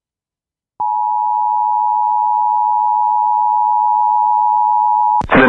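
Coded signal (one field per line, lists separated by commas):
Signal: Emergency Alert System (SAME) tones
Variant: 853 and 960 Hz attention tone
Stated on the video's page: EAS severe thunderstorm warning tones.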